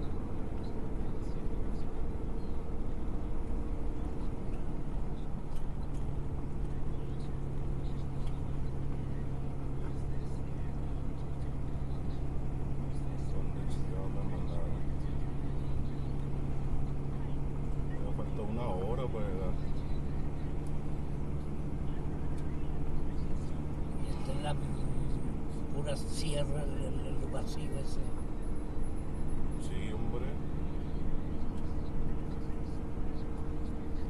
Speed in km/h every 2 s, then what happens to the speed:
40, 39, 35, 35, 35, 35, 35, 35, 37, 39, 39, 39, 40, 40, 39, 39, 40.
0-34 steady at about 39.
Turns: none.